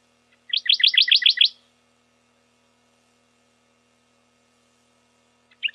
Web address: Phylloscopus schwarzi